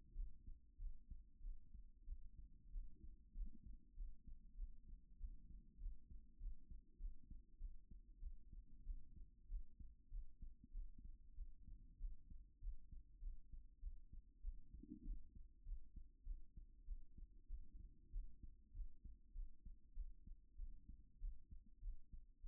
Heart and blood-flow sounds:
heart sounds by stethoscope; 97 bpm
0.13 s: heartbeat
0.77 s: heartbeat
1.40 s: heartbeat
2.05 s: heartbeat
2.70 s: heartbeat
3.33 s: heartbeat
3.94 s: heartbeat
4.56 s: heartbeat
5.17 s: heartbeat
5.78 s: heartbeat
6.38 s: heartbeat
6.98 s: heartbeat
7.58 s: heartbeat
8.20 s: heartbeat
8.83 s: heartbeat
9.47 s: heartbeat
10.09 s: heartbeat
10.71 s: heartbeat
11.35 s: heartbeat
11.98 s: heartbeat
12.59 s: heartbeat
13.20 s: heartbeat
13.80 s: heartbeat
14.41 s: heartbeat
15.03 s: heartbeat
15.63 s: heartbeat
16.24 s: heartbeat
16.85 s: heartbeat
17.47 s: heartbeat
18.10 s: heartbeat
18.72 s: heartbeat
19.32 s: heartbeat
19.94 s: heartbeat
20.56 s: heartbeat
21.18 s: heartbeat
21.80 s: heartbeat
22.41 s: heartbeat
From the record:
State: after exercise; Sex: female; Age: 37 years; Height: 160 cm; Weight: 68 kg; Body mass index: 26.56

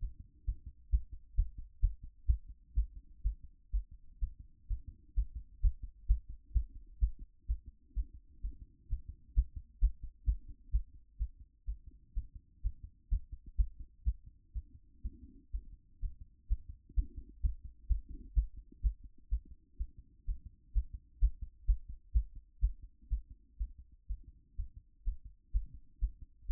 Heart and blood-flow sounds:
heart sounds by stethoscope; 127 bpm
0.46 s: heartbeat
0.91 s: heartbeat
1.36 s: heartbeat
1.81 s: heartbeat
2.27 s: heartbeat
2.74 s: heartbeat
3.22 s: heartbeat
3.71 s: heartbeat
4.20 s: heartbeat
4.68 s: heartbeat
5.15 s: heartbeat
5.61 s: heartbeat
6.07 s: heartbeat
6.53 s: heartbeat
7.00 s: heartbeat
7.47 s: heartbeat
7.94 s: heartbeat
8.41 s: heartbeat
8.88 s: heartbeat
9.34 s: heartbeat
9.80 s: heartbeat
10.25 s: heartbeat
10.71 s: heartbeat
11.18 s: heartbeat
11.66 s: heartbeat
12.14 s: heartbeat
12.62 s: heartbeat
13.10 s: heartbeat
13.57 s: heartbeat
14.04 s: heartbeat
14.53 s: heartbeat
15.02 s: heartbeat
15.52 s: heartbeat
16.00 s: heartbeat
16.48 s: heartbeat
16.95 s: heartbeat
17.42 s: heartbeat
17.88 s: heartbeat
18.35 s: heartbeat
18.82 s: heartbeat
19.29 s: heartbeat
19.78 s: heartbeat
20.26 s: heartbeat
20.73 s: heartbeat
21.20 s: heartbeat
21.66 s: heartbeat
22.13 s: heartbeat
22.60 s: heartbeat
23.09 s: heartbeat
23.58 s: heartbeat
24.07 s: heartbeat
24.56 s: heartbeat
25.04 s: heartbeat
25.52 s: heartbeat
26.00 s: heartbeat
26.47 s: heartbeat
From the record:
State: after exercise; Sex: female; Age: 31 years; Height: 169 cm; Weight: 67 kg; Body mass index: 23.46

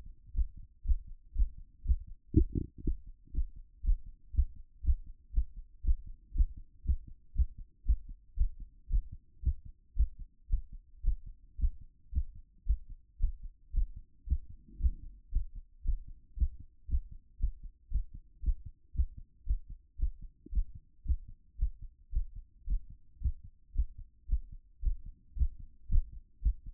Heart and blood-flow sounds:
heart sounds by stethoscope; 115 bpm
0.32 s: heartbeat
0.83 s: heartbeat
1.33 s: heartbeat
1.83 s: heartbeat
2.33 s: heartbeat
2.82 s: heartbeat
3.32 s: heartbeat
3.82 s: heartbeat
4.32 s: heartbeat
4.82 s: heartbeat
5.32 s: heartbeat
5.82 s: heartbeat
6.33 s: heartbeat
6.83 s: heartbeat
7.33 s: heartbeat
7.84 s: heartbeat
8.35 s: heartbeat
8.88 s: heartbeat
9.41 s: heartbeat
9.94 s: heartbeat
10.48 s: heartbeat
11.02 s: heartbeat
11.56 s: heartbeat
12.10 s: heartbeat
12.65 s: heartbeat
13.18 s: heartbeat
13.72 s: heartbeat
14.25 s: heartbeat
14.78 s: heartbeat
15.30 s: heartbeat
15.83 s: heartbeat
16.35 s: heartbeat
16.87 s: heartbeat
17.38 s: heartbeat
17.89 s: heartbeat
18.41 s: heartbeat
18.93 s: heartbeat
19.45 s: heartbeat
19.97 s: heartbeat
20.50 s: heartbeat
21.03 s: heartbeat
21.57 s: heartbeat
22.11 s: heartbeat
22.65 s: heartbeat
23.19 s: heartbeat
23.73 s: heartbeat
24.27 s: heartbeat
24.81 s: heartbeat
25.34 s: heartbeat
25.87 s: heartbeat
26.41 s: heartbeat
From the record:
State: after exercise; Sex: male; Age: 42 years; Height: 186 cm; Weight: 80 kg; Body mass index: 23.12

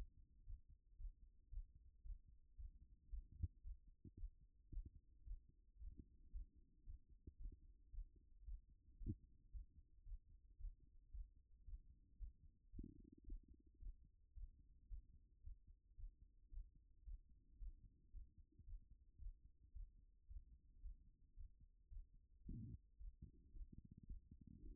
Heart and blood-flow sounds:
heart sounds by stethoscope; 112 bpm
0.46 s: heartbeat
0.98 s: heartbeat
1.51 s: heartbeat
2.03 s: heartbeat
2.57 s: heartbeat
3.10 s: heartbeat
3.63 s: heartbeat
4.16 s: heartbeat
4.71 s: heartbeat
5.25 s: heartbeat
5.79 s: heartbeat
6.32 s: heartbeat
6.85 s: heartbeat
7.38 s: heartbeat
7.92 s: heartbeat
8.45 s: heartbeat
8.99 s: heartbeat
9.52 s: heartbeat
10.05 s: heartbeat
10.58 s: heartbeat
11.12 s: heartbeat
11.65 s: heartbeat
12.19 s: heartbeat
12.72 s: heartbeat
13.26 s: heartbeat
13.80 s: heartbeat
14.34 s: heartbeat
14.89 s: heartbeat
15.43 s: heartbeat
15.97 s: heartbeat
16.51 s: heartbeat
17.05 s: heartbeat
17.59 s: heartbeat
18.13 s: heartbeat
18.66 s: heartbeat
19.19 s: heartbeat
19.73 s: heartbeat
20.28 s: heartbeat
20.82 s: heartbeat
21.36 s: heartbeat
21.90 s: heartbeat
22.44 s: heartbeat
22.98 s: heartbeat
23.53 s: heartbeat
24.07 s: heartbeat
24.61 s: heartbeat
From the record:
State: after exercise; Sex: female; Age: 55 years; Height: 168 cm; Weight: 81 kg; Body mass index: 28.70

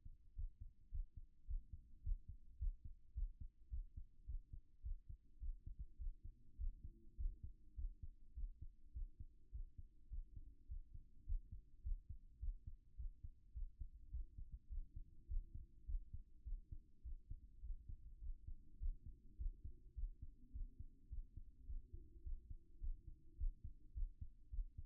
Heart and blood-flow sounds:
heart sounds by stethoscope; 105 bpm
0.34 s: heartbeat
0.90 s: heartbeat
1.46 s: heartbeat
2.02 s: heartbeat
2.57 s: heartbeat
3.13 s: heartbeat
3.69 s: heartbeat
4.25 s: heartbeat
4.81 s: heartbeat
5.39 s: heartbeat
5.97 s: heartbeat
6.56 s: heartbeat
7.16 s: heartbeat
7.75 s: heartbeat
8.34 s: heartbeat
8.92 s: heartbeat
9.50 s: heartbeat
10.09 s: heartbeat
10.67 s: heartbeat
11.24 s: heartbeat
11.82 s: heartbeat
12.39 s: heartbeat
12.95 s: heartbeat
13.52 s: heartbeat
14.10 s: heartbeat
14.68 s: heartbeat
15.26 s: heartbeat
15.85 s: heartbeat
16.43 s: heartbeat
17.02 s: heartbeat
17.60 s: heartbeat
18.19 s: heartbeat
18.78 s: heartbeat
19.36 s: heartbeat
19.94 s: heartbeat
20.51 s: heartbeat
21.08 s: heartbeat
21.65 s: heartbeat
22.22 s: heartbeat
22.79 s: heartbeat
23.36 s: heartbeat
23.93 s: heartbeat
24.49 s: heartbeat
From the record:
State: after exercise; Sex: male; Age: 37 years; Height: 170 cm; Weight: 86 kg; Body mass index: 29.76

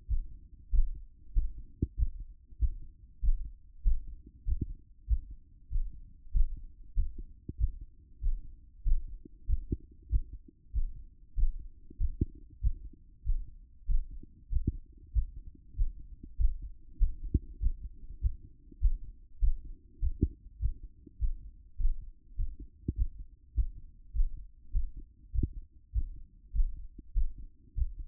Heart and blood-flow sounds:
heart sounds by stethoscope; 97 bpm
0.07 s: heartbeat
0.70 s: heartbeat
1.33 s: heartbeat
1.95 s: heartbeat
2.58 s: heartbeat
3.20 s: heartbeat
3.82 s: heartbeat
4.44 s: heartbeat
5.06 s: heartbeat
5.69 s: heartbeat
6.31 s: heartbeat
6.94 s: heartbeat
7.57 s: heartbeat
8.20 s: heartbeat
8.83 s: heartbeat
9.46 s: heartbeat
10.09 s: heartbeat
10.72 s: heartbeat
11.34 s: heartbeat
11.97 s: heartbeat
12.60 s: heartbeat
13.23 s: heartbeat
13.86 s: heartbeat
14.49 s: heartbeat
15.12 s: heartbeat
15.75 s: heartbeat
16.36 s: heartbeat
16.98 s: heartbeat
17.59 s: heartbeat
18.20 s: heartbeat
18.79 s: heartbeat
19.39 s: heartbeat
19.99 s: heartbeat
20.59 s: heartbeat
21.18 s: heartbeat
21.76 s: heartbeat
22.35 s: heartbeat
22.95 s: heartbeat
23.53 s: heartbeat
24.12 s: heartbeat
24.72 s: heartbeat
25.31 s: heartbeat
25.91 s: heartbeat
26.52 s: heartbeat
27.13 s: heartbeat
27.74 s: heartbeat
From the record:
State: after exercise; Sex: male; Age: 28 years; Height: 182 cm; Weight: 70 kg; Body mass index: 21.13

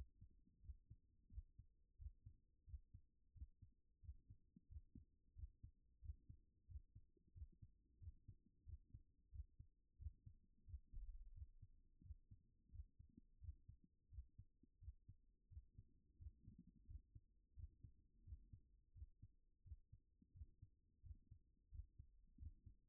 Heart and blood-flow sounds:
heart sounds by stethoscope; 88 bpm
0.60 s: heartbeat
1.28 s: heartbeat
1.96 s: heartbeat
2.64 s: heartbeat
3.32 s: heartbeat
3.99 s: heartbeat
4.66 s: heartbeat
5.33 s: heartbeat
5.99 s: heartbeat
6.65 s: heartbeat
7.32 s: heartbeat
7.98 s: heartbeat
8.63 s: heartbeat
9.29 s: heartbeat
9.96 s: heartbeat
10.64 s: heartbeat
11.32 s: heartbeat
12.01 s: heartbeat
12.69 s: heartbeat
13.38 s: heartbeat
14.08 s: heartbeat
14.78 s: heartbeat
15.47 s: heartbeat
16.16 s: heartbeat
16.85 s: heartbeat
17.53 s: heartbeat
18.22 s: heartbeat
18.92 s: heartbeat
19.62 s: heartbeat
20.31 s: heartbeat
21.01 s: heartbeat
21.69 s: heartbeat
22.36 s: heartbeat
From the record:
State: at rest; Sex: male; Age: 39 years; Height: 186 cm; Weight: 113 kg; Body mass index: 32.66

